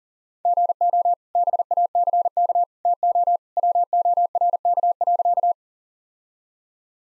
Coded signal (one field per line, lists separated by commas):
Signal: Morse code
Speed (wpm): 40 wpm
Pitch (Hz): 700 Hz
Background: none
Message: GO BACK TO WORK.